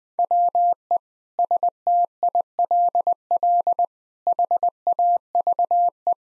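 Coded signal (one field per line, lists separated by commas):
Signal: Morse code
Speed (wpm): 20 wpm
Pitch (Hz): 700 Hz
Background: none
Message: WE STILL HAVE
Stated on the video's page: Morse practice at 20 wpm: sets of nine common words for head-copy, each sent twice.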